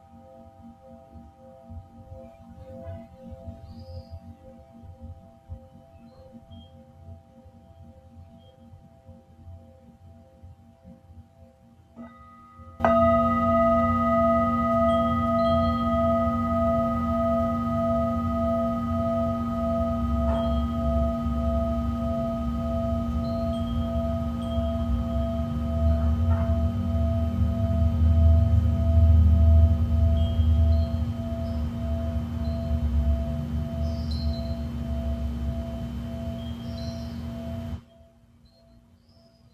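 Singing bowls ring in a soft, sustained layer of steady tones for the first thirteen seconds. Then a much louder, fuller ringing starts suddenly and holds, with a deep low rumble swelling around the middle, before cutting off abruptly near 38 seconds.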